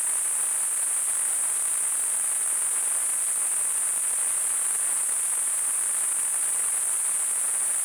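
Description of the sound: A steady, unbroken high-pitched hiss centred around 9 kHz continues unchanged for about eight seconds over a fainter, broad noisy background. It is simulated tinnitus, the phantom ringing or hissing some people hear in their ears.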